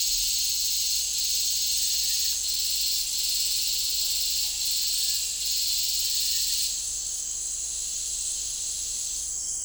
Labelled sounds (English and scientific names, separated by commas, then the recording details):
none
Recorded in dense forest near Puerto Asís, Putumayo, Colombia, on 20 December 2024 at 17:30
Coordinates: 0.485, -76.318
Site GP03